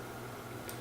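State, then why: Seated. A piece of an aluminum 1.9 beadlock wheel for an HPI Venture FJ Cruiser RC crawler slides into place while the rubber of the tire is pulled back. A little snap click sounds at 0.7 s over a steady low hum as the rim piece seats in the tire bead.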